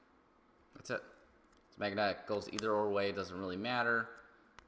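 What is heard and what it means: A JUUL vape battery is handled at its magnetic USB charging dock, which accepts it either way round, while someone talks through most of the clip. A brief sharp tick comes near 4.6 s, but nothing has seated or clicked into the charger yet.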